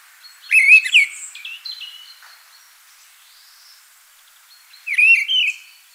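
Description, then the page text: Mistle thrush song: two short fluty, warbled phrases, the first near the start and the second after a pause of about three seconds, otherwise quiet. "Mistle Thrush Song. Quick Sounds"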